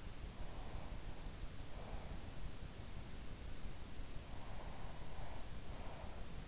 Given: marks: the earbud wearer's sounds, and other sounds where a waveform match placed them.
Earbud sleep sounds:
sounds in sleep by an in-ear microphone; breath
0.40-2.54 s: breath
4.30-6.29 s: breath

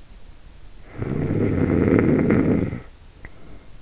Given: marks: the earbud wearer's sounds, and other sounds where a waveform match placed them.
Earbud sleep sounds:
sounds in sleep by an in-ear microphone; snoring breath
0.59-3.79 s: snoring breath

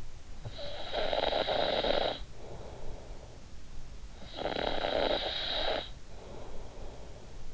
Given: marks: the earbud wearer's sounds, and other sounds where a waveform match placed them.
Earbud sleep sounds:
sounds in sleep by an in-ear microphone; snoring breath
0.19-3.48 s: snoring breath
3.97-7.54 s: snoring breath

